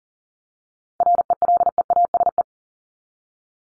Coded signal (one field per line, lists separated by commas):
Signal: Morse code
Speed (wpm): 40 wpm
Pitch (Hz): 700 Hz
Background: none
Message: RELEASE